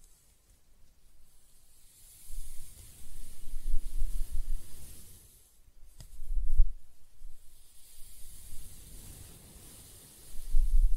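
Close-up hair brushing and stroking in soft, hissy swells around 2–5, 6–8 and 10 seconds, with faint low rustle and a brief tick near 6.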